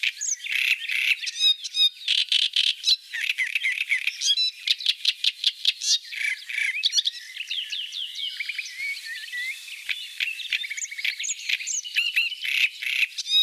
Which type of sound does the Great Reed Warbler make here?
song